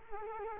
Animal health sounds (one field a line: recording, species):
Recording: mosquito wingbeat signal from an infrared sensor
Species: Culex quinquefasciatus